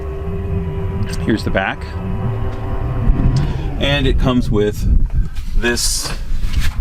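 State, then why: Not seated. At the rear cargo area of a 2021 Toyota Venza SUV, someone talks over a steady low rumble and hum while handling the retractable cargo cover that goes into the rear cargo-area trim mounts, with a brief thump around 3.4 seconds. The clip ends before the cover goes home, so nothing has seated or clicked yet.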